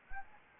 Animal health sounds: mosquito wingbeat signal from an infrared sensor; Anopheles gambiae

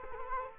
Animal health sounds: mosquito wingbeat signal from an infrared sensor; Culex quinquefasciatus

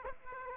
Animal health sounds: mosquito wingbeat signal from an infrared sensor; Aedes aegypti

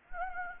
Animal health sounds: mosquito wingbeat signal from an infrared sensor; Anopheles gambiae

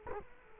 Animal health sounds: mosquito wingbeat signal from an infrared sensor; Culex quinquefasciatus

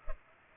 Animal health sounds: mosquito wingbeat signal from an infrared sensor; Culex pipiens

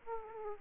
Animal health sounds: mosquito wingbeat signal from an infrared sensor; Aedes aegypti

